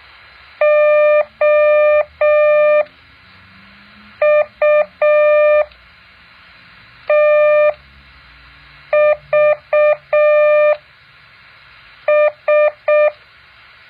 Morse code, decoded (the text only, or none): OUTVS